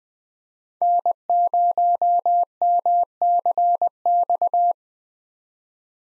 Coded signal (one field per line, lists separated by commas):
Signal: Morse code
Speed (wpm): 20 wpm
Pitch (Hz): 700 Hz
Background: none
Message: N0MCX